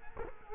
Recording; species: mosquito wingbeat signal from an infrared sensor; Culex quinquefasciatus